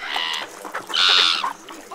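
Gulls flying in screech loudly in harsh, high, drawn-out cries, with two long calls and several shorter squawks overlapping one another, and no talking.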